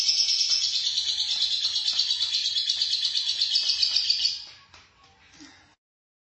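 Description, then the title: Lovebird chattering song, a fast high rattling twitter lasting about four seconds before fading into quiet, with a few faint clicks after. "BM Suara Burung Lovebird"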